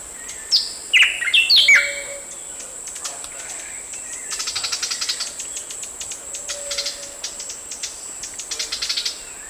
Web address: Natures Songs S America Eastern Lowlands Cantorchilus leucotis, scolds, calls, and song